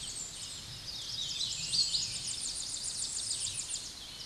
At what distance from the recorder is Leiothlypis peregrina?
about 35 m